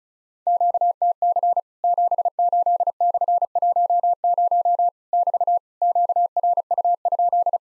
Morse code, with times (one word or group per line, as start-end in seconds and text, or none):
0.5-1.6 QTC
1.8-4.9 78/10
5.1-5.6 <BT>
5.8-7.6 QRU?